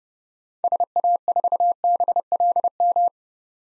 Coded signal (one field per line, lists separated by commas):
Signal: Morse code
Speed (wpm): 31 wpm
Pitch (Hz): 700 Hz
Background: none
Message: SA4BLM